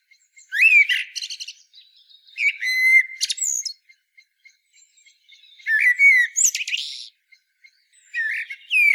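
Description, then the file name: Common blackbird singing: four phrases of fluty whistled notes mixed with squeaky high twitters, separated by short pauses. "Turdus merula"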